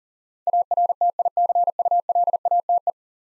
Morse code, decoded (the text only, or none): ARTICULATE